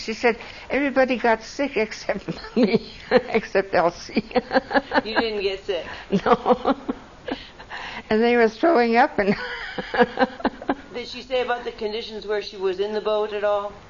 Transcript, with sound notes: She said everybody got sick except me - (laughs) except Elsie.
You didn't get sick?
No. (laughs) And they were throwing up and (laughs)
Did she say about the conditions where she was in the boat at all?